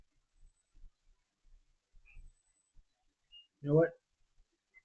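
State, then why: Not seated. A plastic LEGO piece is pressed into place on a haunted mansion model, with faint, soft handling taps and rustles and a short burst of someone talking near 3.7 seconds. The piece does not snap in, so another piece will be taken off to let it snap in more easily, and nothing has seated or clicked yet.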